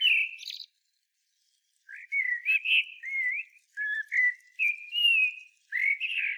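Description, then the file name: Common blackbird giving a long run of melodious whistled notes, sliding up and down, after a short opening phrase and a second of silence. "Turdus merula"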